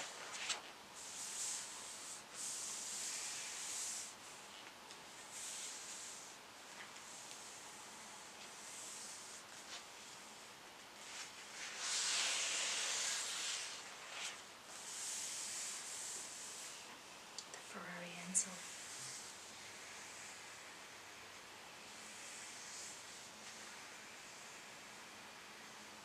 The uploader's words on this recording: Page Turning.